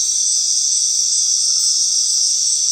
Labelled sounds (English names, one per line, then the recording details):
none
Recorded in dense forest near Puerto Asís, Putumayo, Colombia, on 18 February 2024 at 19:00
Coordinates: 0.499, -76.324
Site G6469